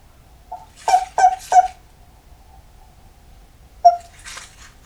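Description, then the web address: Japanese common toad giving a quick group of four short tonal croaks, the first faint, a pause, then one more note, each note with a sharp noisy edge. "kaeru hikigaeru"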